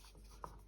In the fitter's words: It just snapped right in there. Did you hear that?